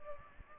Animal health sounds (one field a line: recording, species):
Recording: mosquito wingbeat signal from an infrared sensor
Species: Culex pipiens